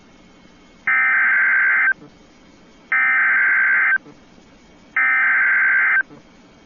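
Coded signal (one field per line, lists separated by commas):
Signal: Emergency Alert System (SAME) tones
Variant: header bursts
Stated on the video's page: EAS activation for a flash flood warning from the National Weather Service in Chicago covering Cook, DuPage and Lake counties, Illinois.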